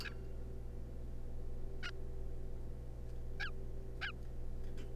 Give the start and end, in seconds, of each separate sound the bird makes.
0.05-0.09, 0.11-0.14, 1.83-1.90, 3.40-3.50, 4.01-4.12